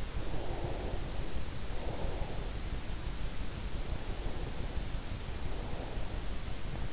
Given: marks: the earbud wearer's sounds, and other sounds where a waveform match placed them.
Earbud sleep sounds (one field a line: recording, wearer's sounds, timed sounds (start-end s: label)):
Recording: sounds in sleep by an in-ear microphone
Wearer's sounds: breath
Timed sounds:
0.13-2.41 s: breath